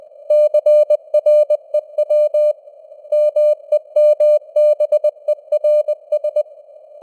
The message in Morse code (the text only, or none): CREW MEMBERS